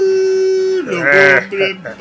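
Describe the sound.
A person imitates the big bad wolf howling at the door of the little straw house in a telling of The Three Little Pigs: a long, steady mid-pitched vocal tone that swells louder and wavers upward, then trails off in a few shorter voiced bursts.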